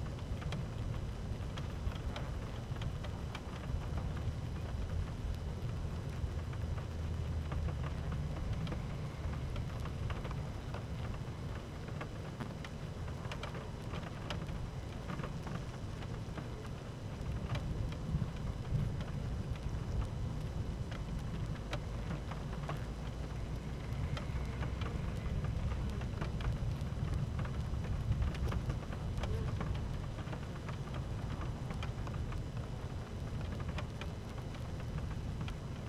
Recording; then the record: honeybee colony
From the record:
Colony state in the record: active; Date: 12 June 2018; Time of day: 12:58